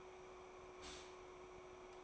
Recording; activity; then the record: daily activity, microphone in the room; stop toaster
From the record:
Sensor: 1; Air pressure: 1014.7 hPa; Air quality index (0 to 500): 193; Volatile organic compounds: 28 ppm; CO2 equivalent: 2919 ppm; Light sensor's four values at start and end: 4/9/3/3 and 4/9/3/3